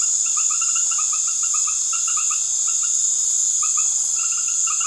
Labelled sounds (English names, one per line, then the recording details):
none
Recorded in secondary vegetation near Puerto Asís, Putumayo, Colombia, on 13 March 2025 at 19:30
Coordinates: 0.489, -76.322
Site G042